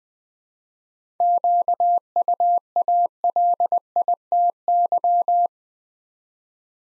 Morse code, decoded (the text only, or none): QUALITY